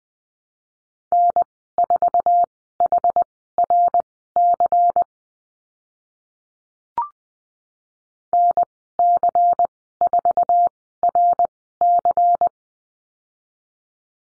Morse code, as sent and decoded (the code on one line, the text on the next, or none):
-. ....- .... .-. -.-. / -. -.-. ....- .-. -.-.
N4HRC NC4RC